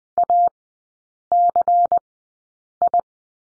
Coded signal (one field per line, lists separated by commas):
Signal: Morse code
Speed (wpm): 20 wpm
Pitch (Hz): 700 Hz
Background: none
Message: ACI